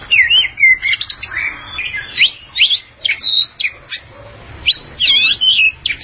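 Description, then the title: Oriental magpie-robin song made of clear sweeping whistles and sharp chirps in quick bursts, each burst separated by brief pauses. Long-duration song. "Kacer Durasi Panjang"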